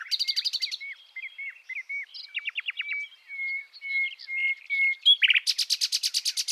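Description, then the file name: Common nightingale pouring out a rapid buzzy trill, steady whistled notes and clicking rattles, ending in a long loud series of pulsed notes. "Luscinia megarhynchos"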